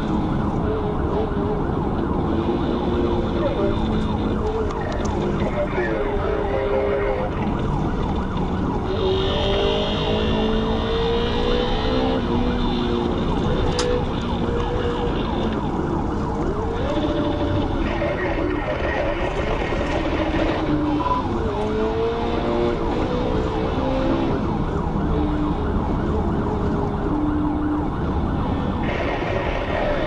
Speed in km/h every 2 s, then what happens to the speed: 103, 72, 71, 71, 72, 93, 74, 79, 68, 71, 81, 82, 105, 97, 92.
0-4 brakes to 71. 7-10 speeds up to 93. 10-18 slows to 71. 18-24 speeds up to 105. 24-27 brakes to 92.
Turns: none.